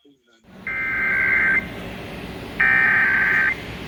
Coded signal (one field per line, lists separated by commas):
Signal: Emergency Alert System (SAME) tones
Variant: header bursts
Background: speech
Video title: EAS #855-859: Florida Required Monthly Test for March 2022 || 3/28/22